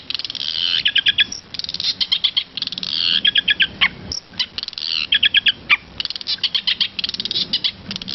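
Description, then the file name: Long-tailed shrike mimicking song: bursts of rapid trilled notes and chattering phrases, nearly continuous. Varied song with imitations of other birds, in the 'isian' fill-in song style. "suara cendet isian variasi"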